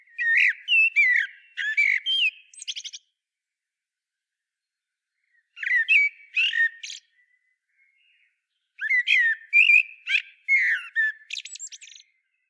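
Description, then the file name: Common blackbird song, three phrases of whistling ending in thin, high twitters, separated by short pauses. "Turdus merula"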